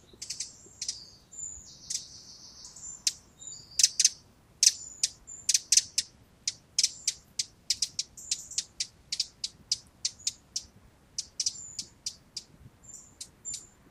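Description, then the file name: Eurasian wren giving a long irregular series of sharp, high, dry ticks with a few brief chattering bursts. "Troglodytes troglodytes"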